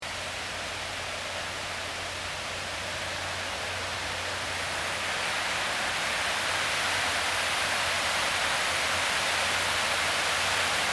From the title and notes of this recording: Waterfall at 8:15am Monument, Hiroshima. Rushing water pours down over a textured surface in a reverberant stone stairwell, creating a density of natural white noise. Recorded by Gretchen Jude.